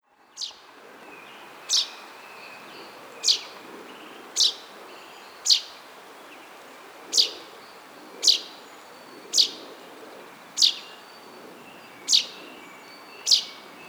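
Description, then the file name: Common chaffinch repeating a crisp, high call note many times in a series over low background noise. "Fringilla coelebs"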